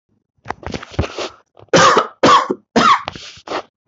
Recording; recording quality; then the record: shallow voluntary cough; excellent, no background noise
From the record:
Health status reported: healthy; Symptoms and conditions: cough, cold, loss of smell and taste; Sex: male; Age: 28 years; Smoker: not ticked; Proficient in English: yes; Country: India